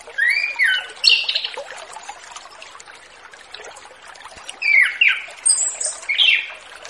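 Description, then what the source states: Orange-headed thrush song in short varied phrases, slurred and squeaky, with a quiet gap midway before more phrases resume. Relaxed, free-flowing (ngeplong) song used as a lure to train young orange-headed thrushes just out of speckled juvenile plumage.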